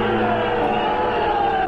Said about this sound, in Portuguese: São, neste momento, 18 horas e 39 minutos. Começam a movimentar-se as viaturas de guerra que aqui estiveram, frente ao quartel do Carmo. A baia tremenda da multidão.